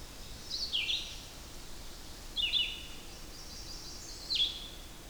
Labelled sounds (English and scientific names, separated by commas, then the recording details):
Red-eyed Vireo (Vireo olivaceus) song
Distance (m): 25 m
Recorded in boreal forest in Alberta, Canada, on 8 June 2016 at 08:04
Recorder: SongMeter 3, array SBT-3-9
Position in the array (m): 9 m, 111 m